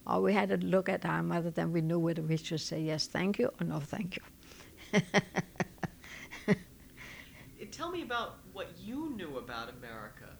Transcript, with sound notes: All we had to look at our mother and then we knew whether we should say, "Yes, thank you," or, "No, thank you." ( she laughs )
And tell me about what you knew about America.